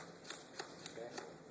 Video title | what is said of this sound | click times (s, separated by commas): Spinal Immobilization part 1 | soon as i hear all fours snap off it becomes adjustable okay | 0.3 s, 0.6 s, 0.9 s, 1.2 s